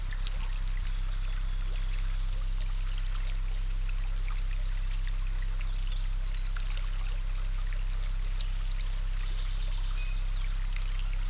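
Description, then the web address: Cricket song as one continuous piercing high trill throughout, with a low steady rumble beneath. Crickets singing by a pond. "Dr Sound Effects. Crickets Singing By a Pond"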